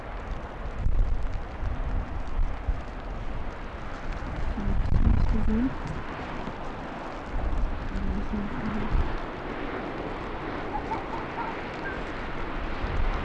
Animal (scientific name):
Vulpes lagopus